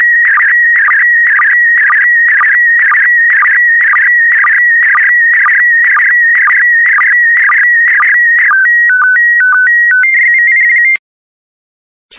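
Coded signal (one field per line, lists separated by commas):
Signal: SSTV (slow-scan television)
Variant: PD120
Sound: pulsing whistle near 1.9 kHz, then a short warbling tone header before silence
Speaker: the next image transmission will start in 10 seconds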